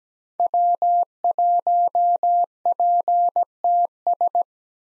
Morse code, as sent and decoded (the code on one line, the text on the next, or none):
.-- .---- .--. - ...
W1PTS